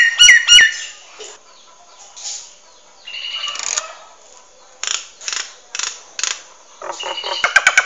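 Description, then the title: Nias hill myna song opening with two loud, ringing harmonic whistles, then softer harsh rasping notes and a burst of sharp clicks at the end. Loud, actively singing bird with a thunderous voice; used as a model for training other songbirds. "Burung Jalak Nias Gacor Suara Super Gledek Untuk Masteran"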